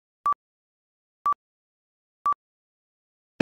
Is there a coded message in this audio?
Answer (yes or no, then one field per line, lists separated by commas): no